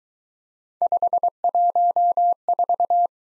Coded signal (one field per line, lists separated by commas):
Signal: Morse code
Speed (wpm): 20 wpm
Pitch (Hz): 700 Hz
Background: none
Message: 514